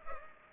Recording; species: mosquito wingbeat signal from an infrared sensor; Culex pipiens